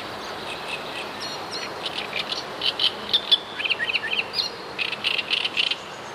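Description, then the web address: Great reed warbler song starting softly, then building into loud, scratchy chattering notes delivered in fast uneven clusters during the second half. "wroblowe kolekcja trzciniak"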